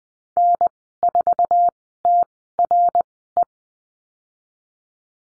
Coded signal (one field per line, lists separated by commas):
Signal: Morse code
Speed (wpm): 20 wpm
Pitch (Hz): 700 Hz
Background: none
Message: N4TRE